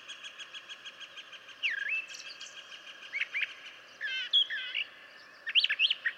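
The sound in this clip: Brown Thrasher song of slurred whistled and chirping phrases.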